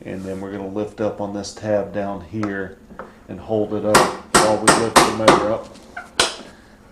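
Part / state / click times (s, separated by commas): tilt lock on an outboard motor's mounting bracket / seated / 6.2 s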